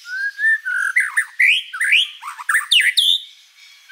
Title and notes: Pikat Murai Batu Durasi Panjang. Burung Murai Batu